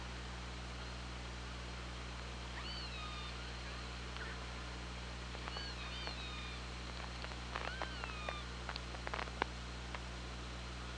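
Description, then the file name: Killer whale calls, faint harmonic tones several times, with a burst of sharp clicks near the end, over a hissing, humming background. Recorded on the OrcaLab hydrophone, 24 August 2017, 15:39:22. "Orca Lab UTLN JASON 20170824 153922"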